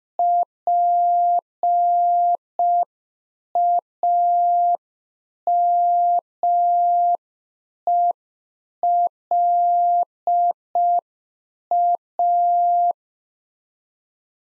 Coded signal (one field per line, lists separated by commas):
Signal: Morse code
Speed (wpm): 5 wpm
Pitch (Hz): 700 Hz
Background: none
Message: PAMELA